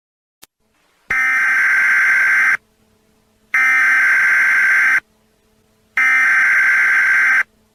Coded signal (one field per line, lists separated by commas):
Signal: Emergency Alert System (SAME) tones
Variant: header bursts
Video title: Emergency Alert System "The Sun Vanished" (Fan-Made)